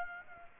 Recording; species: mosquito wingbeat signal from an infrared sensor; Aedes aegypti